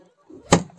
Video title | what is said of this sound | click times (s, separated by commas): TUTO VW GOLF 3 : Changer facilement son système de vitre électrique ! | vous entendez les petits clac-clac | 0.5 s, 0.7 s